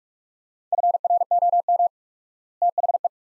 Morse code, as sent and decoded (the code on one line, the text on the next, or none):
..-. .-. --- -- / - .... .
FROM THE